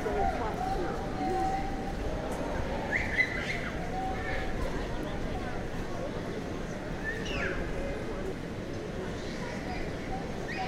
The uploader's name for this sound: NYC Washington Square Park Nature and People